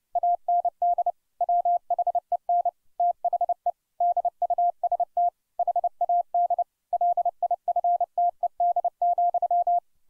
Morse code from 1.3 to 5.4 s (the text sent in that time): WHEN THE DUST